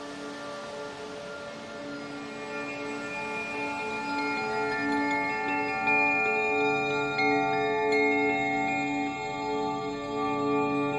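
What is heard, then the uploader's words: Wind chimes ring in overlapping waves, their bright, sustained tones layering into a shimmering wash that never fully decays. New strikes add fresh ringing around the middle and near the end, with a soft rushing hiss beneath throughout. Waves of wind chimes.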